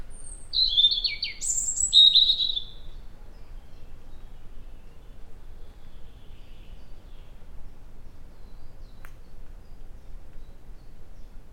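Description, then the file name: European robin giving a single brief, high, jangling phrase of descending whistles and thin trills at the start, then near silence apart from faint hiss. "Erithacus rubecula"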